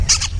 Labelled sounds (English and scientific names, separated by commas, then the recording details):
Brown-throated Parakeet (Eupsittula pertinax) contact call
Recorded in Venezuela
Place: PN Cerro Saroche, Tierras del Sr. Polo, Edo. Lara
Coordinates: 10.171, -69.518